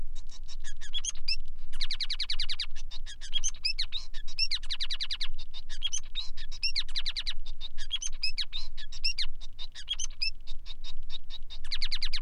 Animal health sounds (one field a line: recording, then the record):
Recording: song of a male Bengalese finch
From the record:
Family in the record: son of father 5